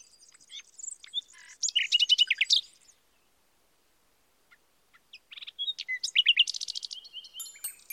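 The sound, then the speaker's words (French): Songbirds sing on the branches of trees in two bright, high-pitched bursts of rapid chirps and trills, separated by a few seconds of near silence. No one speaks. “De jolis oiseaux qui chantaient sur les branches des arbres.”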